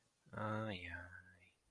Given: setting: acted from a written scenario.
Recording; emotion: vocal sound without words; guilt